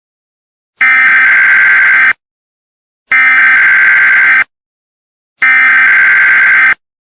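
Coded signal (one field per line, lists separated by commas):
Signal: Emergency Alert System (SAME) tones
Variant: header bursts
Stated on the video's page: Fictional analog-horror alert about a creature; simulated, not real.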